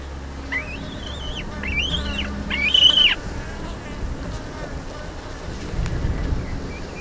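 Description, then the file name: Black-breasted buzzard calling with three thin, arching whistles in quick succession, followed by a quiet stretch with a low background rumble. "Hamirostra Melanosternon"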